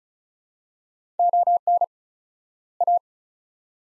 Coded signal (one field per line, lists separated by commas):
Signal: Morse code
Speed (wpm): 36 wpm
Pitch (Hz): 700 Hz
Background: none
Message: ON A